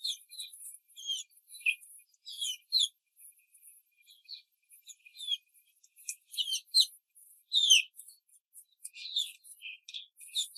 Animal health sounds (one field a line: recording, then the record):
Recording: young laying hens in a cage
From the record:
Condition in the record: control cage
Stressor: none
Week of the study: 5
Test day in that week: 1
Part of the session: 2